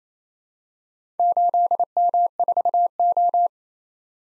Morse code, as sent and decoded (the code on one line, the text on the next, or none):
---.. -- ....- ---
8M4O